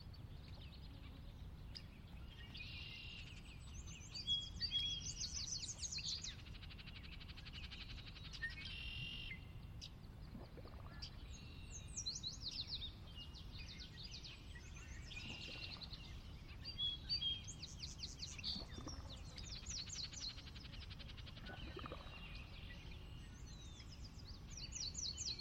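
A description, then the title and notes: Late morning in a valley, with many birds chirping and trilling almost continuously over a steady low rumble, plus occasional soft thumps. Sinlahekin Valley late morning. The valley itself is a 16 mile long, 1/2-mile wide glacier-dug trench near the Northeastern slope of the Cascades.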